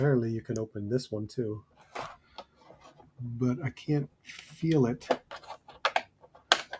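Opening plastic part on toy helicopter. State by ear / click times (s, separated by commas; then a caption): released / 6.5 s. Someone talks while working a second opening plastic panel on a G.I. Joe Classified Series HasLab Dragonfly toy helicopter, with faint plastic handling taps around 2.0 and 2.4 seconds. The part resists at first, then gives a couple of small clicks before a sharp, loud click at 6.5 seconds as it clicks open.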